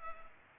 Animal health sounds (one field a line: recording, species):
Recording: mosquito wingbeat signal from an infrared sensor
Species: Culex pipiens